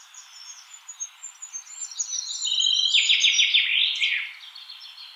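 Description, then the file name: Common chaffinch song: a bright trill of repeated notes ending in a quick downward flourish, with softer twittering from other birds before it. "Fringilla coelebs"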